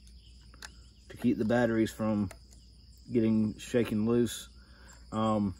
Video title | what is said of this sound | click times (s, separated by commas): MOULTRIE DEER FEEDER STANDARD REVIEW | are these little tabs right here you just twist those over and they will actually lock into place to | 0.6 s